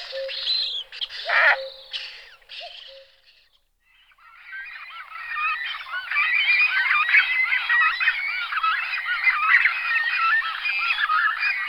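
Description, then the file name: Glossy ibis calls: a few loud harsh honks, a brief lull, then a steady chorus of many overlapping nasal calls. "Sound of Nature - Ibis Facinelle (Glossy Ibis)"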